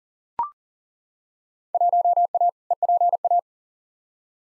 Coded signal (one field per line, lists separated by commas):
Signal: Morse code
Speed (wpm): 40 wpm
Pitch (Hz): 700 Hz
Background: none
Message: 1A EPA